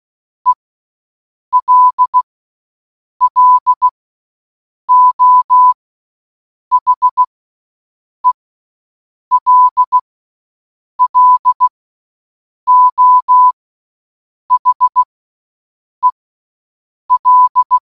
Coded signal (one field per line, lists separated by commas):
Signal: Morse code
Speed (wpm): 16 wpm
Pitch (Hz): 1000 Hz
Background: none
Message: ELLO HELLO HEL